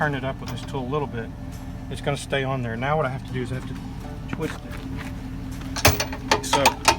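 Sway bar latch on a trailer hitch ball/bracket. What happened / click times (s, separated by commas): The latch is being worked with a tool but has not yet locked / none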